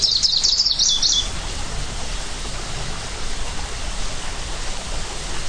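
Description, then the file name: Greenish warbler song, a quick high, scratchy, chattering phrase just over a second long at the start, then continuous rushing background noise. Hilchenbach, Germany. "Gruenlaubsaenger Hilchenbach LS -M-Frede"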